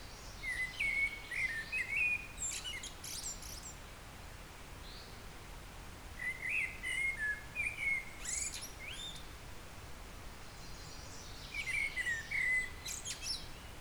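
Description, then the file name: Eurasian blackbird song: fluted warbling phrases, each ending in a high squeaky twitter, repeated about every five seconds. "Turdus merula"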